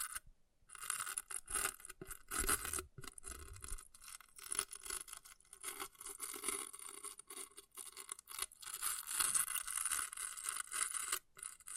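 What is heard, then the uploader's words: An object scratches in rough, gritty strokes that run almost without pause for twelve seconds, with short breaks near the start and near the end. The scraping is bright and hissy, uneven in loudness, with a few dull low bumps around the third second. ASMR Brain Melting Object Scratching (No Talking).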